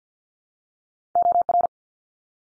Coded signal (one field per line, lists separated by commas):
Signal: Morse code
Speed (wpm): 50 wpm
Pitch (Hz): 700 Hz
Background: none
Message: OR